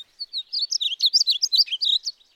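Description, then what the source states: Painted Bunting song: a quick, sweet, high warble of jumbled notes running without pause for about two seconds, with no other sounds. A rare Painted Bunting visiting a friend's backyard in Day Scott's area; it appeared after she had waited for hours.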